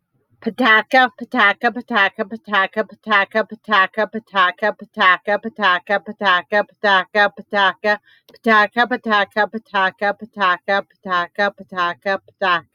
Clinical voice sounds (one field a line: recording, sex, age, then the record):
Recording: repeated syllables /pa ta ka/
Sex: female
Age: 50 to 59 years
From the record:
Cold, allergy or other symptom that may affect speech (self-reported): no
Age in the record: 54 years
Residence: United States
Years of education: 14